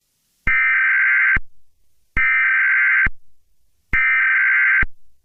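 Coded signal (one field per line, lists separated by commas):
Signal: Emergency Alert System (SAME) tones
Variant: header bursts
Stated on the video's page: Fictional EAS scenario, a recreation of a chemical spill alert.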